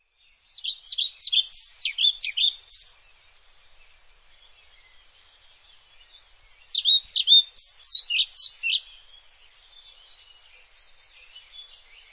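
Bird singing a quick warbled phrase of high sliding notes, silent for several seconds, then a second similar phrase, with faint soft twittering afterward.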